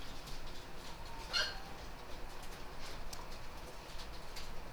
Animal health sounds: poultry house recording; sick chickens (respiratory disease)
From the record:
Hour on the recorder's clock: 20

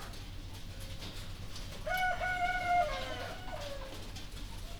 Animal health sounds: poultry house recording; healthy chickens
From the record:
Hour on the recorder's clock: 2

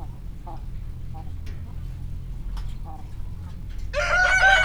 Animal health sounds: poultry house recording; sick chickens (respiratory disease)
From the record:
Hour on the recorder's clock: 18

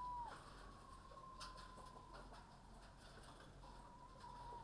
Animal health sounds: poultry house recording; healthy chickens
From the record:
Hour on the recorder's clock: 22

